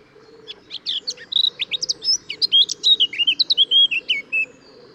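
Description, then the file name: Eurasian blackcap song: quiet scratchy twittering that builds into a loud, fast series of clear whistled and warbled notes, over a soft low hum. "Sylvia atricapilla"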